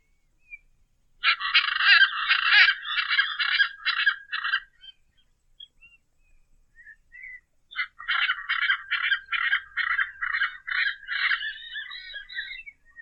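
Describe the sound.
Hyacinth Macaw calling in two harsh, rasping squawk series, each several seconds long, separated by a pause with a few faint softer notes.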